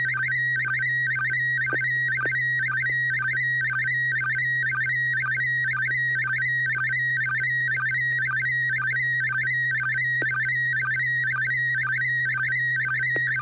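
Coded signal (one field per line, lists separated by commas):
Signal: SSTV (slow-scan television)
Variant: PD 120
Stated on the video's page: SSTV net on an FM repeater at 441.30 MHz.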